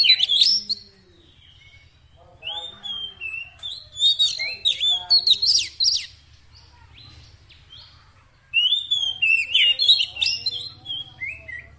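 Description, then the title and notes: Oriental magpie-robin song: rapid varied whistles, chirps and trills in phrases separated by quiet gaps, over a steady low hum. Long-duration fill-in song for training a kept kacer to sing actively day and night. "Kacer Jadi Gacor Siang Malam. Isian Kacer Durasi Panjang"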